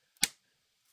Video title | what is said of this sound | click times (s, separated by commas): Monday Product Showcase with Nate! | once you hear that click you're good to go | 0.2 s